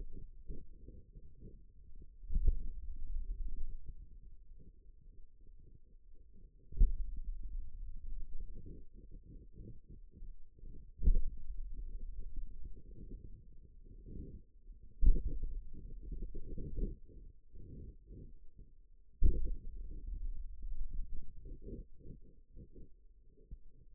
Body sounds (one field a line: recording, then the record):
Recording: forearm muscle sounds (acoustic myography)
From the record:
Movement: pen grasping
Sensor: system 2, bracelet of six BSWA MPA416 microphones around the upper forearm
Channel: 4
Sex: male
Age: 22 years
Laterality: right